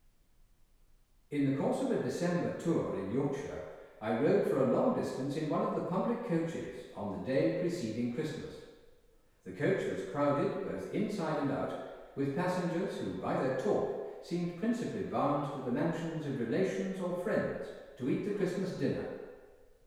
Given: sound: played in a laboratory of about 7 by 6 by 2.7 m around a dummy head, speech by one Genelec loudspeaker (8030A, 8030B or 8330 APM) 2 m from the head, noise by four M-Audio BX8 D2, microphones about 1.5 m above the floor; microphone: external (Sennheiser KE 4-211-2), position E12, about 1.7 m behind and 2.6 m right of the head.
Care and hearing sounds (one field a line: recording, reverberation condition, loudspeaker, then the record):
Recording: male speech in English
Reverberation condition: high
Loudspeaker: 60 degrees to the left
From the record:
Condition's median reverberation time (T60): about 1300 ms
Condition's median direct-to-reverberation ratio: about -4.0 dB